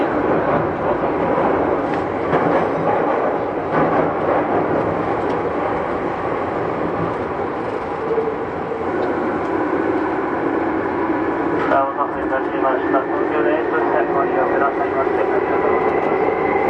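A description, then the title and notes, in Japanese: A Tokyu 8500 series train on its run from Omotesando to Azamino gives a steady, dense rumble and rattle throughout. From about nine seconds a motor whine climbs gradually in pitch, with a brief jolt or clack near twelve seconds. 東急8500系 表参道〜あざみ野。東京メトロ→東急区間の録音です。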